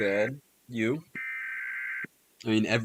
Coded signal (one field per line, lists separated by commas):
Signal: Emergency Alert System (SAME) tones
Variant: header bursts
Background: speech